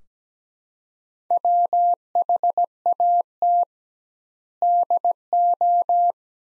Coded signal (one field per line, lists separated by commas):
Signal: Morse code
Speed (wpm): 17 wpm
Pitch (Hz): 700 Hz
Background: none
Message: WHAT DO